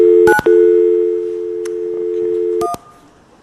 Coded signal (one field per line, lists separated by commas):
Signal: telephone call progress tone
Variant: North America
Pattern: dial tone